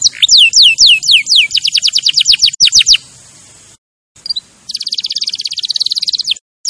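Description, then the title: Canary song with loud descending sweeps speeding into a fast trill, a short gap, then a rapid buzzy trill. Champion canary song used as a master recording for training other birds. "Masteran Kenari Juara"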